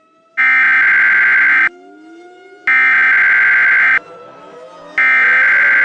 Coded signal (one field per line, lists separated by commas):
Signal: Emergency Alert System (SAME) tones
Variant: header bursts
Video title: EAS Scenario: The Gulf of Mexico Mega Tsunami